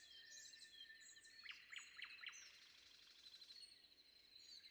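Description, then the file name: Common nightingale song: four loud, sharp descending notes repeated quickly, then softer chatter. Sung before dawn. "predawn nightingale"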